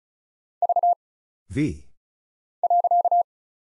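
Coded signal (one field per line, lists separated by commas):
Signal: Morse code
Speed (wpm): 36 wpm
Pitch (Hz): 700 Hz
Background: none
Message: V .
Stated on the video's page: Morse practice at 35 wpm, random single letters, numbers, punctuation and prosigns with very short gaps, for instant character recognition.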